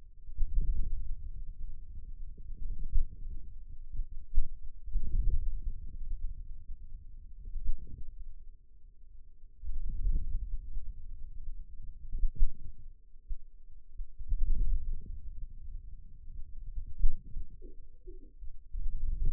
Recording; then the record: forearm muscle sounds (acoustic myography)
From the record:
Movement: wrist flexion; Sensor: system 2, bracelet of six BSWA MPA416 microphones around the upper forearm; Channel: 4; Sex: male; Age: 22 years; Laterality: right